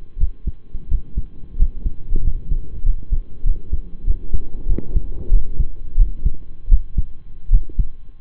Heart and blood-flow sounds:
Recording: heart sounds by stethoscope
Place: between the tricuspid and mitral areas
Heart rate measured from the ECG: 90 bpm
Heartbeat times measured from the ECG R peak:
0.17 s: heartbeat
0.88 s: heartbeat
1.56 s: heartbeat
2.21 s: heartbeat
2.82 s: heartbeat
3.43 s: heartbeat
4.04 s: heartbeat
4.67 s: heartbeat
5.30 s: heartbeat
5.96 s: heartbeat
6.68 s: heartbeat
7.49 s: heartbeat
From the record:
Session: rest, lying down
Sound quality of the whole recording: partially saturated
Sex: male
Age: 25 years

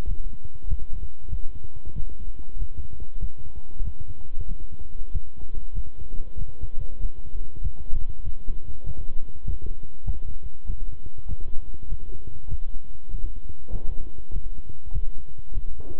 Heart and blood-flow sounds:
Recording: heart sounds by stethoscope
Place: between the tricuspid and mitral areas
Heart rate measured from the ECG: 97 bpm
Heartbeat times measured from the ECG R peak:
0.06 s: heartbeat
0.67 s: heartbeat
1.28 s: heartbeat
1.93 s: heartbeat
2.57 s: heartbeat
3.18 s: heartbeat
3.82 s: heartbeat
4.46 s: heartbeat
5.10 s: heartbeat
5.72 s: heartbeat
6.36 s: heartbeat
6.99 s: heartbeat
7.60 s: heartbeat
8.22 s: heartbeat
8.84 s: heartbeat
9.43 s: heartbeat
10.03 s: heartbeat
10.65 s: heartbeat
11.26 s: heartbeat
11.87 s: heartbeat
12.47 s: heartbeat
13.09 s: heartbeat
13.70 s: heartbeat
14.31 s: heartbeat
14.91 s: heartbeat
15.52 s: heartbeat
From the record:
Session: walking at 3.7 km/h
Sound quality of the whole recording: good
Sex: male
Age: 26 years

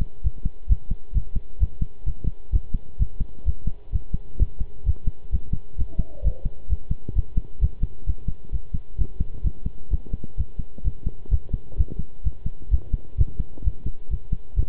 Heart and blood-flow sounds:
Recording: heart sounds by stethoscope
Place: between the tricuspid and mitral areas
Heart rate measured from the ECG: 130 bpm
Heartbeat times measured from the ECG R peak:
0.23 s: heartbeat
0.69 s: heartbeat
1.14 s: heartbeat
1.60 s: heartbeat
2.06 s: heartbeat
2.52 s: heartbeat
2.99 s: heartbeat
3.46 s: heartbeat
3.92 s: heartbeat
4.39 s: heartbeat
4.86 s: heartbeat
5.32 s: heartbeat
5.78 s: heartbeat
6.24 s: heartbeat
6.70 s: heartbeat
7.15 s: heartbeat
7.61 s: heartbeat
8.07 s: heartbeat
8.52 s: heartbeat
8.98 s: heartbeat
9.44 s: heartbeat
9.91 s: heartbeat
10.37 s: heartbeat
10.84 s: heartbeat
11.31 s: heartbeat
11.77 s: heartbeat
12.24 s: heartbeat
12.71 s: heartbeat
13.18 s: heartbeat
13.64 s: heartbeat
14.10 s: heartbeat
14.56 s: heartbeat
From the record:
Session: pedaling a stationary bicycle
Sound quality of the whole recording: good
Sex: male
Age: 23 years

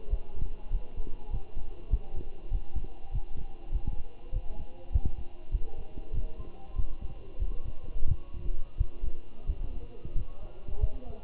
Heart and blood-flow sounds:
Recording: heart sounds by stethoscope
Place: between the tricuspid and mitral areas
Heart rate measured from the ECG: 95 bpm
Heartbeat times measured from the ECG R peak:
0.11 s: heartbeat
0.71 s: heartbeat
1.31 s: heartbeat
1.91 s: heartbeat
2.52 s: heartbeat
3.12 s: heartbeat
3.73 s: heartbeat
4.33 s: heartbeat
4.93 s: heartbeat
5.52 s: heartbeat
6.14 s: heartbeat
6.76 s: heartbeat
7.40 s: heartbeat
8.08 s: heartbeat
8.78 s: heartbeat
9.47 s: heartbeat
10.16 s: heartbeat
10.81 s: heartbeat
From the record:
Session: walking at 3.7 km/h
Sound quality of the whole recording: good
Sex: male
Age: 23 years

